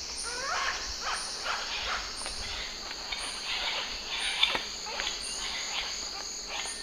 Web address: Natures Songs S America Eastern Lowlands. Celeus elegans, group calls